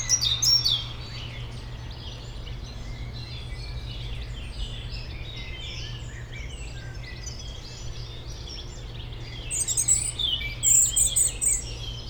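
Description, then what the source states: European robin song with high, thin, tumbling phrases at the start and again near the end, amid scattered birdsong and a steady low rumble. Robin in the foreground of a small peri-urban wood, Bois de Memard, Aix-les-Bains, France, near the Jardin Vagabond, amid other birds; city and lake-boat rumble in background.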